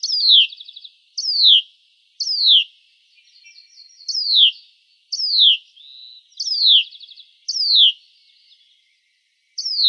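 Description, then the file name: Hutton's vireo giving repeated downward-sweeping notes about once a second, mixed with a few softer buzzy, rattling notes between them. "HUVI 5 deviche"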